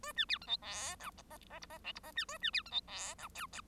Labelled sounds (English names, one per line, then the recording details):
Bengalese Finch song
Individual Bird1